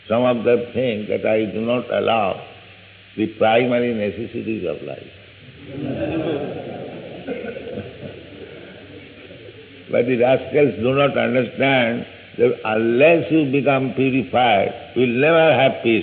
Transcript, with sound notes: Some of them think that I do not allow the primary necessities of life. [laughter] But the rascals do not understand that unless you become purified, you will never have peace.